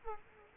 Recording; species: mosquito wingbeat signal from an infrared sensor; Culex quinquefasciatus